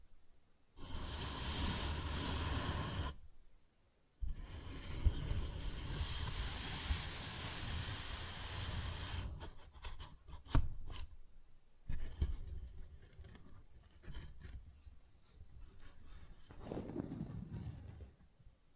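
Paper bag sounds: long stretches of dense, rough scratching and rustling that hiss brightly, broken by a near-silent pause around four seconds. After about nine seconds the rubbing turns patchier, with sharp taps and crackles, the loudest near ten and a half seconds.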